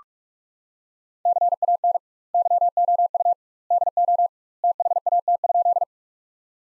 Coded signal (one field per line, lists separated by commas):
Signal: Morse code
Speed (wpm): 42 wpm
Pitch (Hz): 700 Hz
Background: none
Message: CAN YOU DO THAT?